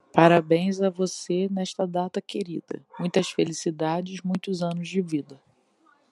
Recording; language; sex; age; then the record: short text; Brazilian Portuguese; female; 40 to 49 years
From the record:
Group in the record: control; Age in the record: 42 years